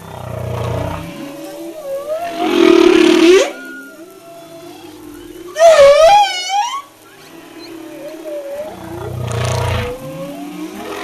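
Humpback whale song with rough, rasping grunts alternating with warbling, wavering tonal calls and a bright rising whoop midway, arriving at uneven intervals.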